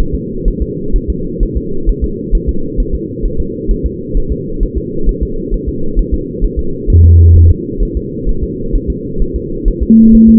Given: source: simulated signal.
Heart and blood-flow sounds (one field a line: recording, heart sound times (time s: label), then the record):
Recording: fetal heart sounds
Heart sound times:
0.00 s: S1
0.15 s: S2
0.48 s: S1
0.62 s: S2
0.96 s: S1
1.10 s: S2
1.43 s: S1
1.57 s: S2
1.89 s: S1
2.04 s: S2
2.35 s: S1
2.49 s: S2
2.80 s: S1
2.95 s: S2
3.26 s: S1
3.40 s: S2
3.71 s: S1
3.86 s: S2
4.17 s: S1
4.32 s: S2
4.63 s: S1
4.78 s: S2
5.09 s: S1
5.23 s: S2
5.54 s: S1
5.69 s: S2
5.99 s: S1
6.14 s: S2
6.44 s: S1
6.59 s: S2
6.90 s: S1
7.05 s: S2
7.36 s: S1
7.51 s: S2
7.83 s: S1
7.97 s: S2
8.29 s: S1
8.44 s: S2
8.75 s: S1
8.90 s: S2
9.22 s: S1
9.36 s: S2
9.68 s: S1
9.83 s: S2
10.15 s: S1
10.29 s: S2
From the record:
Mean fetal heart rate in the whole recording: 130 bpm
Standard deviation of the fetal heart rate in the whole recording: 4 bpm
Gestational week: 38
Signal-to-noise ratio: -8.1 dB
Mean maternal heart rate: 72 bpm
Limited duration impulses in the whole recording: present